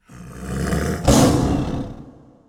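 Lion roar: a deep, rough, swelling roar that surges in a harsh burst near its middle, then fades over about a second.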